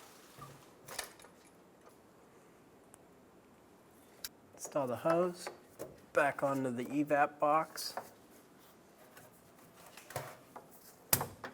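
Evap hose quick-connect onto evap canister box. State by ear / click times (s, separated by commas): seated / 11.1 s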